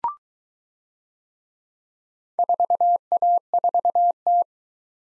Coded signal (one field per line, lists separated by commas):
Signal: Morse code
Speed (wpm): 22 wpm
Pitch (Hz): 700 Hz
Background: none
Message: 4A4T